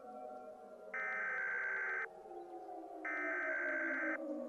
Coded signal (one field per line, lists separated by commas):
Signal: Emergency Alert System (SAME) tones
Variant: header bursts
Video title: EAS Scenario - Close Call